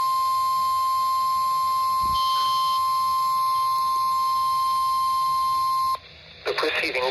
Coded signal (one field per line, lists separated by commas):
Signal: Emergency Alert System (SAME) tones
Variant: 1050 Hz attention tone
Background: speech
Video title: REQUIRED WEEKLY TEST ON WXL46 Springfield, MO [EAS #142]